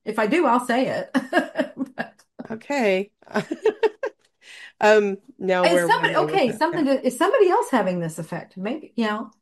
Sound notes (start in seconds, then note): 1.2 laughs; 3.3 laughs